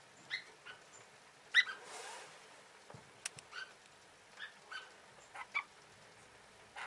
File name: suara shafttailfinch omkicau